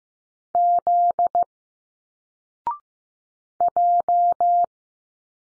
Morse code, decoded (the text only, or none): Z J